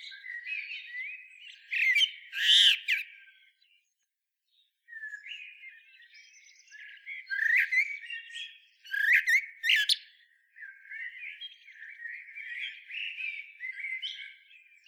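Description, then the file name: Eurasian blackbird song, loud squeaky twitters, a brief silence, then soft warbling interrupted by more shrill bursts of twittering. "Turdus merula"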